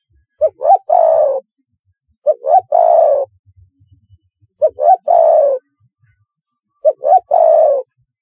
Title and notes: Tekukur. Kicau Burung